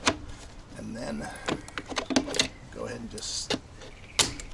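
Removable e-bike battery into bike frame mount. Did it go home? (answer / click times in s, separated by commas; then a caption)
yes / 4.4 s. Someone talks while the removable battery of a Mokwheel Tor Plus e-bike is slid into the bike frame mount bottom first, then pushed in, with a few sharp knocks along the way. At 4.4 s the battery snaps into the mount, the snap the maker says to listen for, and it is seated.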